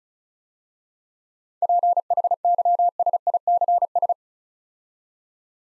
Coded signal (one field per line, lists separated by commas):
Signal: Morse code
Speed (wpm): 36 wpm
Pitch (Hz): 700 Hz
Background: none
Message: PHYSICS